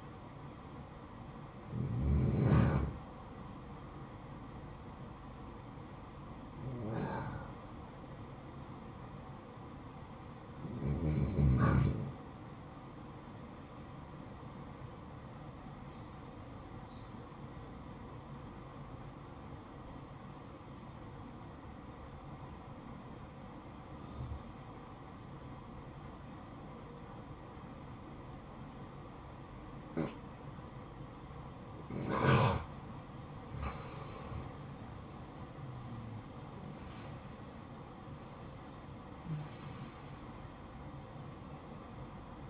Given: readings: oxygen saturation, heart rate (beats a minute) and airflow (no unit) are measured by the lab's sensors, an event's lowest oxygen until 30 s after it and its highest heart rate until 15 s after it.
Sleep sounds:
breathing in sleep by a smartphone at the bedside; 1
21.00-34.90 s: obstructive apnea (N1, oxygen 95% highest, then 92% lowest, heart rate 61 at the start, 68 highest)
From the record:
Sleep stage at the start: N1 (lightest sleep); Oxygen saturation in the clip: 90 to 95%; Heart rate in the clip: 58 to 68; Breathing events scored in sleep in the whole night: 573 in 9.8 hours asleep

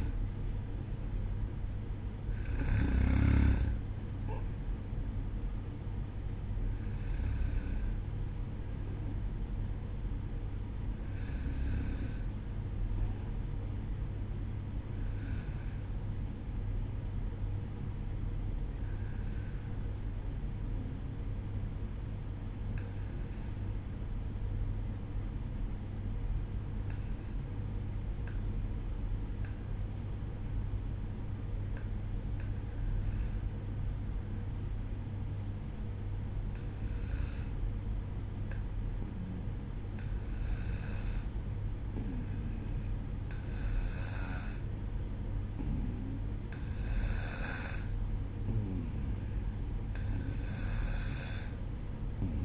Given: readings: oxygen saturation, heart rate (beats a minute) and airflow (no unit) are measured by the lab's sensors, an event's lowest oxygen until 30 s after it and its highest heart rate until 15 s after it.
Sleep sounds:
breathing in sleep by a smartphone at the bedside; 1
2.00-32.00 s: new sleep stage, N1 (lightest sleep)
25.00-41.30 s: obstructive apnea (N1, oxygen 94% highest, then 92% lowest, heart rate 58 at the start, 61 highest)
32.00-52.45 s: new sleep stage, N2 (light sleep)
From the record:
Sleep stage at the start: N2 (light sleep); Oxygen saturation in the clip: 92 to 94%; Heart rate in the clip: 58 to 62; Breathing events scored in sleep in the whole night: 305 in 9.6 hours asleep

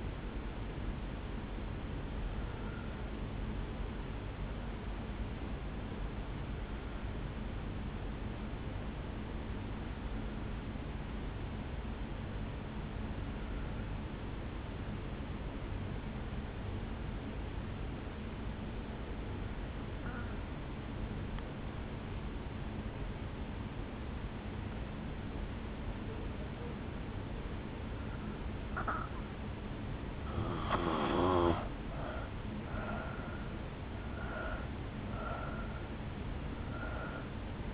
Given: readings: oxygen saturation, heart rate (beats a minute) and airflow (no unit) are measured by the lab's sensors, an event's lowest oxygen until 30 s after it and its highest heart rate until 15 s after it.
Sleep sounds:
breathing in sleep by a voice recorder at the bedside; 1
1.00-31.00 s: new sleep stage, N2 (light sleep)
3.00-28.60 s: obstructive apnea (N2, oxygen 98% highest, then 83% lowest, heart rate 54 at the start, 72 highest)
31.00-37.74 s: new sleep stage, N1 (lightest sleep)
From the record:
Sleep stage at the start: N1 (lightest sleep); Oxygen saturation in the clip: 83 to 98%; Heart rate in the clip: 53 to 72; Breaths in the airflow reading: 6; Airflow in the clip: -7.4 to 5.1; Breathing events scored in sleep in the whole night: 449 in 7.0 hours asleep

